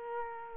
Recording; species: mosquito wingbeat signal from an infrared sensor; Culex quinquefasciatus